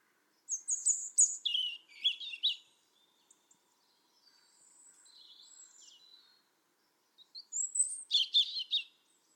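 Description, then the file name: European robin delivering high, liquid warbled phrases, with a softer, quieter thin sound in the middle and a second bright phrase at the end. "Erithacus rubecula"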